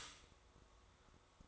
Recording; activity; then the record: daily activity, microphone in the room; stop toaster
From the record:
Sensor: 3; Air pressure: 1004.2 hPa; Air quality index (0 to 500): 202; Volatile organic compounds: 16 ppm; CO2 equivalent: 2523 ppm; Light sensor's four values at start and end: 4/11/4/4 and 4/11/4/4